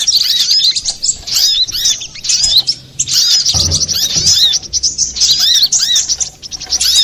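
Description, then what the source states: Little spiderhunter song of thin, high arched chirps and clicks in fast busy phrases, with a low thud midway. Master recording for training cage birds; Indonesian name sogok ontong, labelled Labaik.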